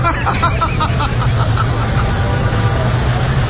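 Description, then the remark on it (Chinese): Dense street noise from a traffic jam: a steady low engine rumble with a wash of road hiss and a murmur of voices, plus brief tonal bursts in the first second or so. “哎呀，我确实是，这是堵车，这是真的堵车，真的。”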